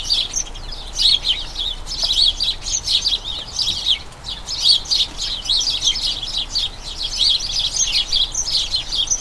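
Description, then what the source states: House sparrows chirping together, a continuous excited chatter of overlapping short notes swelling and easing. A dozen house sparrows, a colony in a small front garden as crocuses bloom, chattering incessantly and excitedly as they turn toward the breeding season; recorded by Fergus Collins.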